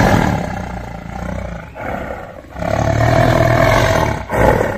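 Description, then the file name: Tiger roaring in a continuous, low, rough rumble that swells and dips over a few seconds. "Tieng ho gam"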